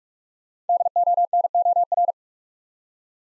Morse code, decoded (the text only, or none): DONOR